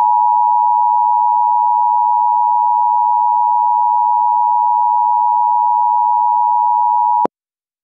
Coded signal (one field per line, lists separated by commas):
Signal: Emergency Alert System (SAME) tones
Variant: 853 and 960 Hz attention tone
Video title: EAS Law Enforcement Warning San Antonio